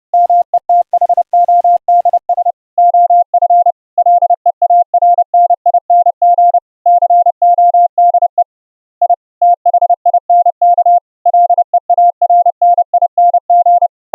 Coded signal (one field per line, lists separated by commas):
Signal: Morse code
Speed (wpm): 30 wpm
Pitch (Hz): 700 Hz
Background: none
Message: METHODS OF LEARNING CODE I THINK LEARNING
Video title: Morse Code audio QSO over the internet using the GOSH.IO website & your WEBrtc enabled browser